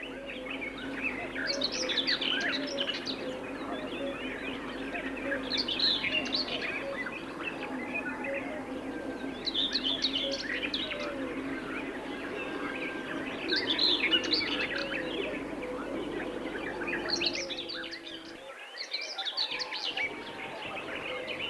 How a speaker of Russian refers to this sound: Поют, как правило, славки, сидя на ветке дерева или куста. И лишь серая славка поет в полете. Вот, слышите, проносится над головами ее песня.